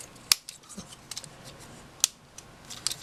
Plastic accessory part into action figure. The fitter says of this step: that's that part do the same thing on the other side locks